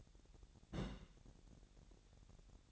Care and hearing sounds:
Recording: daily activity, microphone in the room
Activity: place on stove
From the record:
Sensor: 3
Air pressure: 1012.0 hPa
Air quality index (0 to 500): 206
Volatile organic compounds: 4 ppm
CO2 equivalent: 1543 ppm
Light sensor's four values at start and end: 108/255/105/93 and 108/255/105/93

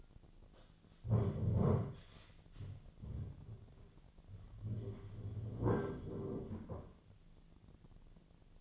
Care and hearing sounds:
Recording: daily activity, microphone in the room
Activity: stand up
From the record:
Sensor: 4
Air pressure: 1009.0 hPa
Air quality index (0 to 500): 169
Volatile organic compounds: 4 ppm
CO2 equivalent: 1702 ppm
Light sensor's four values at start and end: 24/74/28/27 and 24/74/28/27

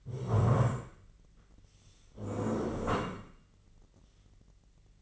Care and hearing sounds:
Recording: daily activity, microphone in the room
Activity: stand up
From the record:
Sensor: 4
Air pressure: 1013.2 hPa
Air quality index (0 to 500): 169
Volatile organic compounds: 2 ppm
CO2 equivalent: 1073 ppm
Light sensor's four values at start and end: 52/128/54/58 and 52/128/54/58

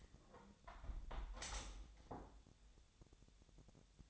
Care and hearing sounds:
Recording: daily activity, microphone in the room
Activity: close window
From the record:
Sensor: 3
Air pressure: 1014.9 hPa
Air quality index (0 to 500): 62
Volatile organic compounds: 1 ppm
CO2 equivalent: 826 ppm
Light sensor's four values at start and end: 9/22/9/9 and 9/22/9/9

